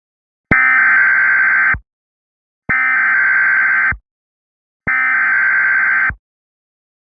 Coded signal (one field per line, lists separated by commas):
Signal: Emergency Alert System (SAME) tones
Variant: header bursts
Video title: severe thunderstorm warning for northeastern florida: [EAS #1] 03/16/26